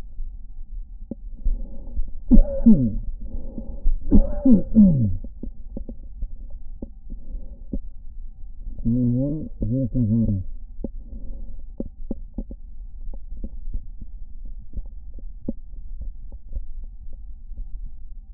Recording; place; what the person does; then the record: lung sounds by stethoscope; right anterior apical chest; quiet breathing, then cough and speech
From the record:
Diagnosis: interstitial lung disease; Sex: male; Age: 66 years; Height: 164 cm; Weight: 76.2 kg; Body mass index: 28.3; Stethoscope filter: diaphragm mode